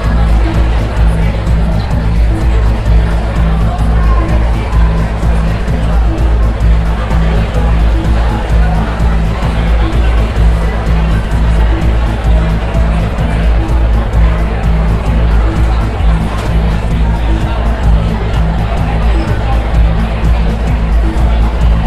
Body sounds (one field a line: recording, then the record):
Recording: background sound without coughing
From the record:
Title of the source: Party Noise 1 Hour Party Ambience